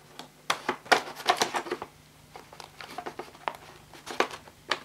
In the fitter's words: there we go didn't click but anyway it is in and then position the bag door back